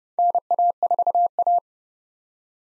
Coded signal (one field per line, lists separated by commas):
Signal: Morse code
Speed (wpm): 32 wpm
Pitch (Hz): 700 Hz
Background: none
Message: NA4A